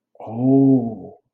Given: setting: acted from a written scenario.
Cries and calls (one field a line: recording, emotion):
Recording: vocal sound without words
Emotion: awe